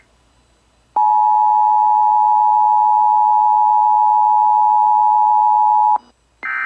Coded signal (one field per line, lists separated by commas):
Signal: Emergency Alert System (SAME) tones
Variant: 853 and 960 Hz attention tone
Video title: EAS #968-970: WHEN THE SDR IS FULL..... Required Weekly Test on KDKA-AM #33 || 5/8/22